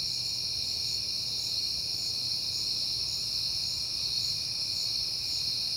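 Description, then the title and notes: Crickets trilling continuously in overlapping high, pulsing bands with a soft low hum underneath. Night recording made in September on a peaceful night; crickets heard often that month. "Night Time: Crickets and Passing Cars. It is September and I have been hearing the crickets a lot, but finally had a peaceful night to make the recording"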